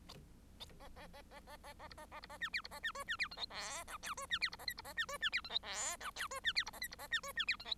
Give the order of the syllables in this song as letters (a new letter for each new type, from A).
A A A A A A A B A A B A C D B A C E C D F G H I J E C D B A K B A C E C D F G H I J E C D B A K B A C E C D F G